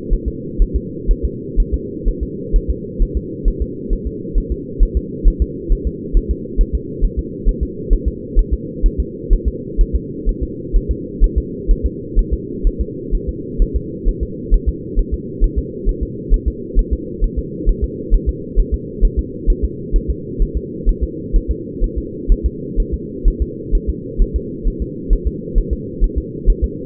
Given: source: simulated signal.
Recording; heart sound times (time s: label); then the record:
fetal heart sounds
0.13 s: S1
0.28 s: S2
0.62 s: S1
0.76 s: S2
1.11 s: S1
1.25 s: S2
1.60 s: S1
1.74 s: S2
2.09 s: S1
2.23 s: S2
2.56 s: S1
2.70 s: S2
3.03 s: S1
3.17 s: S2
3.48 s: S1
3.62 s: S2
3.93 s: S1
4.07 s: S2
4.38 s: S1
4.52 s: S2
4.83 s: S1
4.97 s: S2
5.28 s: S1
5.42 s: S2
5.72 s: S1
5.87 s: S2
6.17 s: S1
6.31 s: S2
6.61 s: S1
6.75 s: S2
7.05 s: S1
7.19 s: S2
7.49 s: S1
7.63 s: S2
7.93 s: S1
8.08 s: S2
8.39 s: S1
8.53 s: S2
8.86 s: S1
9.00 s: S2
9.33 s: S1
9.48 s: S2
9.81 s: S1
9.96 s: S2
10.29 s: S1
10.43 s: S2
10.76 s: S1
10.91 s: S2
11.24 s: S1
11.38 s: S2
11.71 s: S1
11.86 s: S2
12.19 s: S1
12.33 s: S2
12.67 s: S1
12.81 s: S2
13.15 s: S1
13.29 s: S2
13.62 s: S1
13.76 s: S2
14.09 s: S1
14.23 s: S2
14.54 s: S1
14.69 s: S2
14.99 s: S1
15.14 s: S2
15.44 s: S1
15.58 s: S2
15.89 s: S1
16.03 s: S2
16.34 s: S1
16.48 s: S2
16.79 s: S1
16.93 s: S2
17.24 s: S1
17.38 s: S2
17.69 s: S1
17.84 s: S2
18.15 s: S1
18.29 s: S2
18.59 s: S1
18.74 s: S2
19.05 s: S1
19.19 s: S2
19.50 s: S1
19.64 s: S2
19.96 s: S1
20.10 s: S2
20.42 s: S1
20.57 s: S2
20.89 s: S1
21.03 s: S2
21.36 s: S1
21.51 s: S2
21.84 s: S1
21.98 s: S2
22.32 s: S1
22.46 s: S2
22.80 s: S1
22.94 s: S2
23.28 s: S1
23.42 s: S2
23.75 s: S1
23.89 s: S2
24.22 s: S1
24.36 s: S2
24.68 s: S1
24.82 s: S2
25.13 s: S1
25.27 s: S2
25.58 s: S1
25.73 s: S2
26.04 s: S1
26.18 s: S2
26.50 s: S1
26.64 s: S2
From the record:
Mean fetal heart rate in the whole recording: 130 bpm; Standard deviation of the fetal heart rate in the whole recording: 4 bpm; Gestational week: 38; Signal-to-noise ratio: -4.1 dB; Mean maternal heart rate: no maternal heart sound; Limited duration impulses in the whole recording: absent